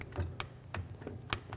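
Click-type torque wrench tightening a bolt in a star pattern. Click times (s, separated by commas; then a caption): 1.3 s. A click-type torque wrench set to about six foot-pounds tightens a bolt on EV running gear in a star pattern. Sharp ticks repeat over a low hum, and the loudest, the wrench's torque click, lands at 1.3 s, confirming the bolt reached its setting.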